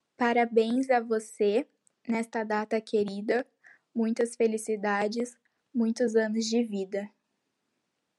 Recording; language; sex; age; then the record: short text; Brazilian Portuguese; female; 18 to 19 years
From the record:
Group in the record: control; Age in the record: 19 years